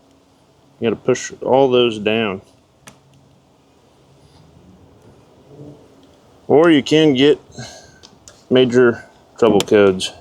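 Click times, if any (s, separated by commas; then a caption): 2.9 s, 3.1 s. Someone talks while fuses and relays that were not fully seated in the fuse box of a new 2025 Cummins truck are pushed down by hand. Two sharp clicks at 2.9 s and 3.1 s mark the relay seating into the fuse box.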